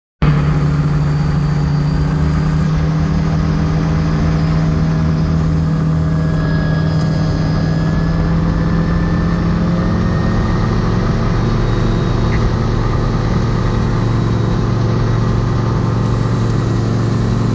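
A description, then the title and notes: A gyrocopter engine drones steadily for the whole stretch, a low, dense roar with a humming pitch that sinks slightly over the first ten seconds, then fades. Loudness stays even throughout, with a faint high whine above the rumble. Gyrocopter takeoff.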